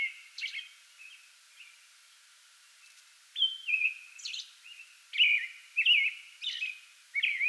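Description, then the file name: American robin singing a few scattered phrases, then a pause, then a livelier burst of warbled carols with high squeaky notes. Singing before dawn from a small tree in a front yard, 8 May 2022. "2022-05-08 American Robin pre-dawn singing from small tree in front yard"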